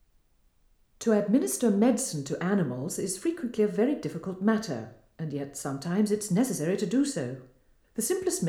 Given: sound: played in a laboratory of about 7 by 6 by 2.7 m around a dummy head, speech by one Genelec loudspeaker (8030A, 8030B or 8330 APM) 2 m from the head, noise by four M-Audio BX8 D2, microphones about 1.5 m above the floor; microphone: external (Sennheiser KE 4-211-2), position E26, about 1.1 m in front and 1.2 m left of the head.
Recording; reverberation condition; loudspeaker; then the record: female speech in English; medium; 30 degrees to the left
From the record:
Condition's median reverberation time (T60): about 510 ms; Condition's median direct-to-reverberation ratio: about -0.5 dB